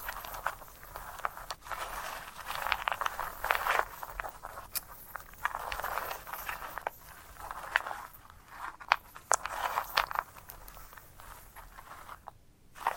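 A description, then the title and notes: Handling of a sunflower head, with dense scratchy rustling and crackling that swells and fades in bursts over the whole stretch. Sharp ticks and small snaps pop out every second or so, and a brief quiet gap falls just before the end. ASMR of a Sunflower Head (No Talking).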